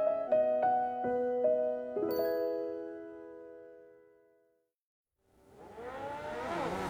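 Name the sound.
motorcycle engine revving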